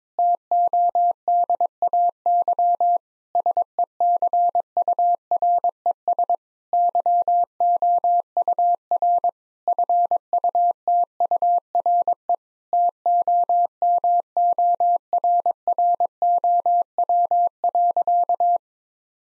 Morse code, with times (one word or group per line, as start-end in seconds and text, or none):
0.2-3.0 TODAY
3.4-6.3 SECURES
6.7-9.3 YOUR
9.7-12.3 FUTURE
12.7-18.6 TOMORROW.